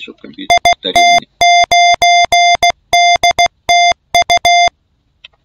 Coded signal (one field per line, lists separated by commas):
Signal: Morse code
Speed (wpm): 16 wpm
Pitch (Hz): 700 Hz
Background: speech, music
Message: IT9DTU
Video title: nachalo RUFZ 22